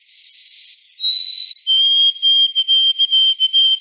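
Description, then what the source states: White-throated Sparrow singing pure whistles, two long high notes stepping down, then a steady lower tone broken into a series of short repeated notes. Newer stuttering song variant: two notes repeated with no space between them, rendered 'Oh, my sweet Canna, Canna, Canna, Canna, Canada'.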